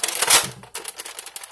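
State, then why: Seated. The priming handle of an open Nerf Longshot foam-dart blaster shell is pulled back, giving a quick series of ratcheting plastic clicks. At 0.8 s the internal plastic catch snaps and locks the plunger back, followed by lighter ticks. The blaster is now primed and locked so its parts no longer move around.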